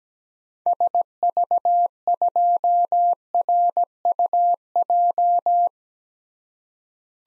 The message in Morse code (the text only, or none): SV2RUJ